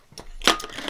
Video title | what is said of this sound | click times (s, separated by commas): CAMP CHEF STRYKER UNBOXING! One of the coolest camp stoves I have ever seen! | comes right up, locks in place, lid comes off. | 0.5 s